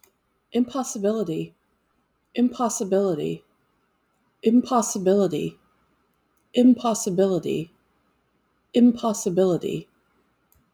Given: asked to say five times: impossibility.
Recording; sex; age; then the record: repeated word; female; 40 to 49 years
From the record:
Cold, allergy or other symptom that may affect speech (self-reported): no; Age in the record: 49 years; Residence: North Carolina, United States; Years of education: 16